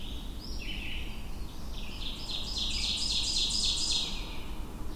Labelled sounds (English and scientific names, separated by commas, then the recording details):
Ovenbird (Seiurus aurocapilla) song
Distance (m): 25 m
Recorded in boreal forest in Alberta, Canada, on 22 June 2016 at 06:53
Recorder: SongMeter 3, array SBT-6-76
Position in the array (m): 25 m, 128 m
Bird 2